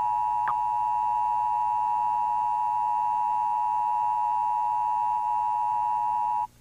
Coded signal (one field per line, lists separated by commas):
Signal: Emergency Alert System (SAME) tones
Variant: 853 and 960 Hz attention tone